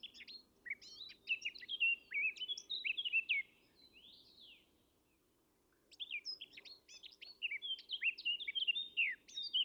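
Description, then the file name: Eurasian blackcap song: two bursts of rich, fast warbling with scratchy and fluty notes, broken by a short lull, over a soft low background hum. "Sylvia atricapilla"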